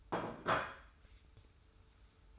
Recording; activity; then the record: daily activity, microphone in the room; place plate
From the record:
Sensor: 2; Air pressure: 990.7 hPa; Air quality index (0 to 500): 149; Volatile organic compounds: 387 ppm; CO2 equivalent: 4649 ppm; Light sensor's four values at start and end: 26/58/24/25 and 25/58/24/24